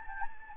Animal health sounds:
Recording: mosquito wingbeat signal from an infrared sensor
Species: Anopheles gambiae

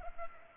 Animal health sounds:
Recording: mosquito wingbeat signal from an infrared sensor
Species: Culex pipiens

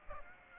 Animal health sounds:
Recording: mosquito wingbeat signal from an infrared sensor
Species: Aedes aegypti

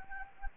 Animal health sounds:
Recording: mosquito wingbeat signal from an infrared sensor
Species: Anopheles gambiae

